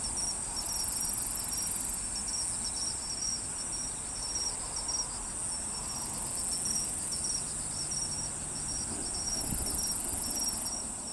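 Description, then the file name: Cricket chorus of continuous shrill trilling, with repeated pulsed chirps and bursts that swell louder at intervals. "crikets"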